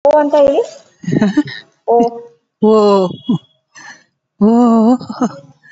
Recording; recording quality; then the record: sustained vowel as in boot; moderate, slight background noise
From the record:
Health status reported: COVID-19 positive, moderate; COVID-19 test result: positive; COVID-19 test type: RT-PCR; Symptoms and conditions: cough, breathing difficulty, fatigue, asthma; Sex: female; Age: 60 years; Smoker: no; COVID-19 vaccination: both doses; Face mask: not worn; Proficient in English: yes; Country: India